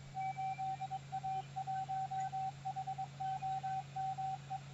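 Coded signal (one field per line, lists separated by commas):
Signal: Morse code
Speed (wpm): 22 wpm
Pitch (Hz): 770 Hz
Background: radio noise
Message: 8A1HOME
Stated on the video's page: Special event station on 40 m CW, 100 watts into a half-wave wire dipole with feed point 11 m high; good ionospheric propagation.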